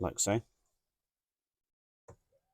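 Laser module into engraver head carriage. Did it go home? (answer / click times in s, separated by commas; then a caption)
yes / 2.1 s. A new laser module is pushed into its carriage mount on a laser engraver head, fitting only one way. Someone talks briefly, then after a pause the module seats with a short, quiet click at 2.1 s.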